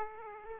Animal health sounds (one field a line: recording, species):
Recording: mosquito wingbeat signal from an infrared sensor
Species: Aedes aegypti